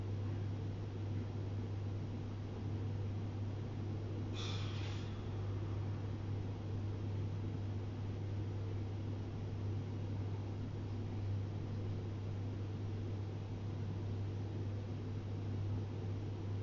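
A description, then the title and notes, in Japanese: Everyday household sound: a steady, loud low hum runs unchanged through the whole recording, with a constant rumbling drone beneath it, like an engine or machine running. Around four to five seconds a brief, brighter hiss or squeak rises above it. 生活音。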